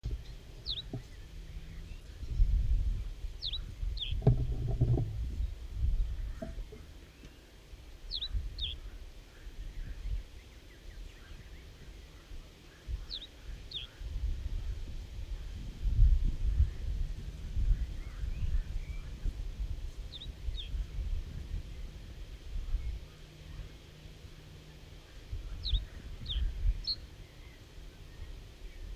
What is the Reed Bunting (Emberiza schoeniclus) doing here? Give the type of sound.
song